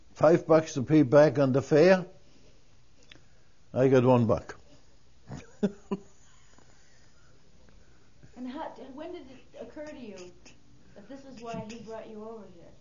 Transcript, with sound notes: five bucks to pay back the fare, I got one buck. (He laughs.)
And how, when did it occur to you that this is why he brought you here?